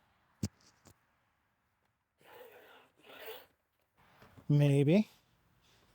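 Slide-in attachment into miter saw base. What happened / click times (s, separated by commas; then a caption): The slide-in attachment did not click into place / none. Someone tries to slide a tool-free attachment into the base of a 2025 cordless miter saw, expecting it to snap into place. A sharp knock at 0.4 s and faint ticks are followed by two bursts of sliding, rubbing noise, then someone talks. The attachment has not seated or clicked in, because a tightened hex screw is stopping it from sliding in.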